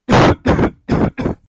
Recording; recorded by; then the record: voluntary cough; messaging app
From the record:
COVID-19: negative